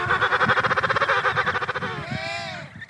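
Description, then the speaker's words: Emperor penguin colony calls: a long pulsing harmonic cry, then a rising and falling call near the end. Emperor penguin colony in Antarctica. "That's the sound of an emperor penguin colony."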